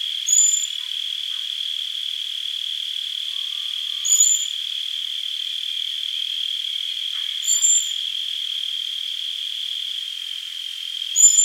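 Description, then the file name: Common blackbird calls: short, high, thin whistled notes repeated about every three and a half seconds against a constant buzzing insect chorus. "Turdus merula"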